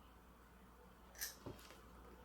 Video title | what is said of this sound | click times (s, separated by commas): Delivering the Tanner Appliance | good and that snaps down open open real wide say ah | 1.5 s